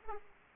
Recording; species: mosquito wingbeat signal from an infrared sensor; Aedes aegypti